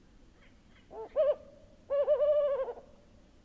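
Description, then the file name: Maghreb wood owl hooting: faint short notes, then a brief double hoot and a longer wavering hoot, with quavering pulses across its length. Male giving compound hooting, with presumed distance calls of another individual. "Mahgreb Wood Owl Compound Hooting Of Male Presumed Distance Calls Of Another Individual"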